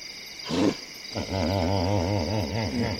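Hippopotamus honking call: a deep, throbbing series of low pulsed grunts wavering rhythmically for about two seconds, after one short grunt, over a steady insect hum.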